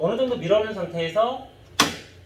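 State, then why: Seated. A plastic exhaust-hose adapter is pushed part way into the rear opening of an HY-S600 portable air conditioner without an outdoor unit, then pressed firmly home while someone talks. A sharp, distinct click is heard at 1.8 s, and the adapter is seated in the housing.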